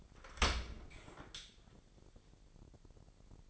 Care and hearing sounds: daily activity, microphone in the room; open dishwasher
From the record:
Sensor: 5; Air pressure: 1000.6 hPa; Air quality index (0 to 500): 248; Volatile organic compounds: 35 ppm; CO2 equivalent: 3058 ppm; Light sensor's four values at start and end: 32/72/29/27 and 31/72/29/27

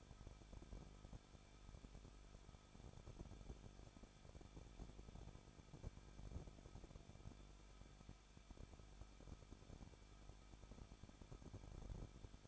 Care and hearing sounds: daily activity, microphone in the room; no activity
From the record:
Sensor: 5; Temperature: 20.8 degrees Celsius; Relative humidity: 38.3%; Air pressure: 1006.4 hPa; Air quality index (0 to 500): 188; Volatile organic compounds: 19 ppm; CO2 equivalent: 2645 ppm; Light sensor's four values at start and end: 2/3/1/1 and 2/3/1/1

